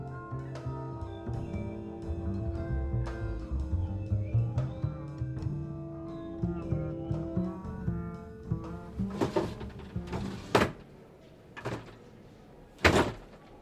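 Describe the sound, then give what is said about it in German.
Drawers are tugged one after another, giving a few sharp wooden thunks and rattles as two of them, locked, refuse to open, heard over a steady tonal hum that fills the first half. “Zwei der Schubladen sind verschlossen.”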